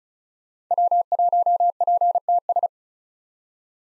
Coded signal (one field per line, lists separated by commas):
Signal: Morse code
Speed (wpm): 36 wpm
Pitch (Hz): 700 Hz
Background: none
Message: W1PTS